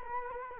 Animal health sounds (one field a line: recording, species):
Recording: mosquito wingbeat signal from an infrared sensor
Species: Culex quinquefasciatus